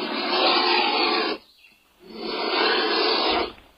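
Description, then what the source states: Black Vulture hiss, a rough, airy rasp lasting over a second, a brief gap, then a second equally long, breathy hiss. Carrion-scavenging bird with no strong sense of smell and no voice box.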